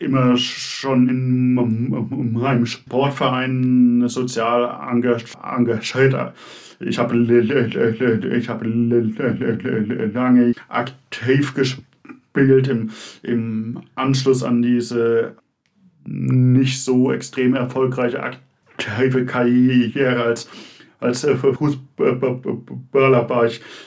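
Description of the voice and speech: A man in his mid to late twenties speaks German with repeated words and syllables, stretched sounds and tense pauses mid-word: stuttering.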